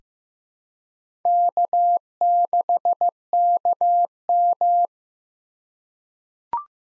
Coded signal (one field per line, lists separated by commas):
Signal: Morse code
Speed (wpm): 16 wpm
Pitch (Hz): 700 Hz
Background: none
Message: K6KM